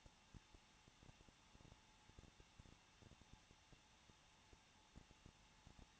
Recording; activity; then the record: daily activity, microphone in the room; no activity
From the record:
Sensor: 1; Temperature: 20.1 degrees Celsius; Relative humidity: 39.3%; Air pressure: 1006.4 hPa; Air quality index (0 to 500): 218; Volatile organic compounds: 80 ppm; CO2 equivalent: 3604 ppm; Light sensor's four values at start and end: 1/2/1/1 and 1/2/1/1